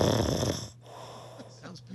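A single loud, low, rough rattling snore from a sleeping adult man lasts about two-thirds of a second, then fades into quiet breathing noise. The coarse, vibrating sound has a gurgling, boiling-water quality typical of heavy snoring. He formerly had obstructive sleep apnea and no longer does.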